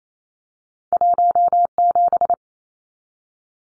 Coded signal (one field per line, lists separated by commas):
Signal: Morse code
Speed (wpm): 28 wpm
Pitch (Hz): 700 Hz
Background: none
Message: 17